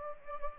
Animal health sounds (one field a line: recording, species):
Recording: mosquito wingbeat signal from an infrared sensor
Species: Anopheles gambiae